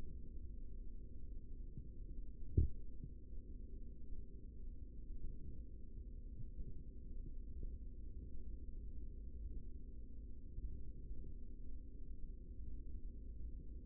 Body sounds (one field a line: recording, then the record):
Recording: forearm muscle sounds (acoustic myography)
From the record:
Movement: rest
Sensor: system 3, bracelet of six PUI Audio POM-2738L microphones around the upper forearm, with dedicated amplification and filtering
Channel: 4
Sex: male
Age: 55 years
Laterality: right